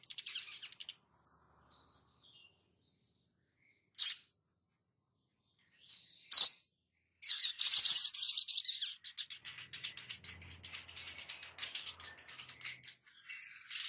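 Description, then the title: Spiderhunter with isolated sharp high chirps, then a fast, dense trill of rapid notes running into continuous thin high twittering. Labaik song variant. "Sogok Ontong Labaik"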